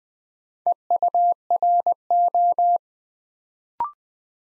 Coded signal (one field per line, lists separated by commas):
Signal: Morse code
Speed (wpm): 20 wpm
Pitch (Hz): 700 Hz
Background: none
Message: EURO